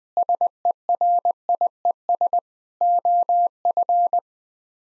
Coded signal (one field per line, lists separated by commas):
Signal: Morse code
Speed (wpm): 20 wpm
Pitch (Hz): 700 Hz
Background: none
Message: SERIES OF